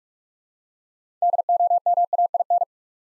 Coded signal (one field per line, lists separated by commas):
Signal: Morse code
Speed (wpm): 44 wpm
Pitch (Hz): 700 Hz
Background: none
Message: DOMAIN